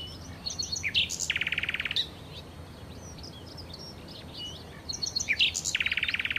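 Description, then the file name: Common nightingale song: two loud, buzzy, rapid-fire rattling trills separated by scattered high chirps and whistles. "Nachtigall"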